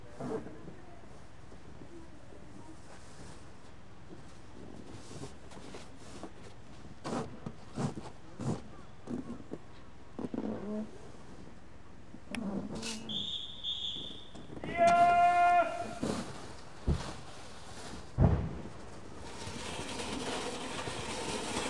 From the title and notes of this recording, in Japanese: 湯治場ラジオ 雪下ろしASMR。村井六助さんでの雪下ろしの音を配信します。会話はありません。